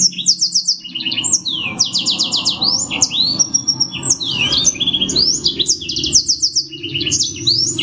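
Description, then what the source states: Black-throated canary in continuous song, bright trilled bursts and swooping high notes strung together rapidly, a faint low hum running throughout. Garuda-style song, a 5-minute training recording.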